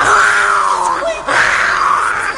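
A voice imitates a lion's roar with two loud, drawn-out, raspy cries that swell and fade, separated by a brief dip, pitched higher than a real lion's roar.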